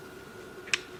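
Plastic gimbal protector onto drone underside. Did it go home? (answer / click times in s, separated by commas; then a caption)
yes / 0.7 s. A plastic gimbal lens protector is clicked into place up underneath a G11PRO 6K drone. A single sharp, bright click lands at 0.7 s over a quiet, steady background hum, and the protector is seated.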